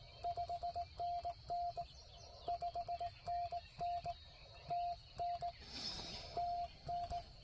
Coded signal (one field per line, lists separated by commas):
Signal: Morse code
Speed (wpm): 18 wpm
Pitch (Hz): 690 Hz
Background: none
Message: 5NN 5NN TN TN